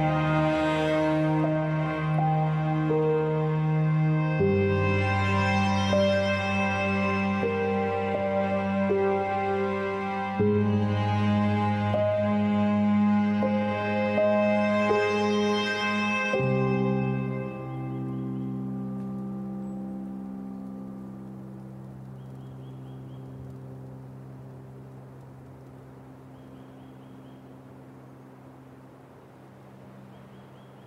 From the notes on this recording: string music set against a back drop of quiet wind and birds